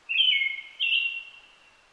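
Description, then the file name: Brown-headed thrush giving two whistled notes, the second trailing off. Recorded on 29 June 2009 at 17:46. "akahara-20090629-1746"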